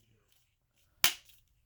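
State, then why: Seated. The plastic bottom pieces of the screen bezel on a Lenovo IdeaPad 320 (320-15IKB) are pressed into the laptop's display frame. After a quiet lead-in with a faint tick near 0.3 s, one loud, sharp snap rings out at 1.0 s and decays quickly. The bezel is seated.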